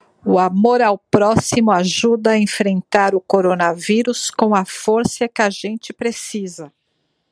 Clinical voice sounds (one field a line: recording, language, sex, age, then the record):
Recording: spoken sentence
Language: Brazilian Portuguese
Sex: female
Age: 60 to 69 years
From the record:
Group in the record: control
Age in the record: 60 years